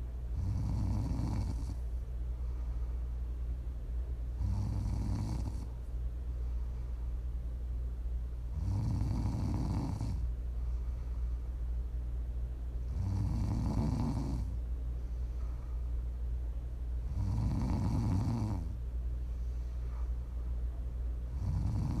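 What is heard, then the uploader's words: Someone snores in a slow, even rhythm, each rough, rattling breath lasting a second or so and returning about every four seconds. Between snores a steady low hum continues without pause. Please enjoy some prime ASMR snoring.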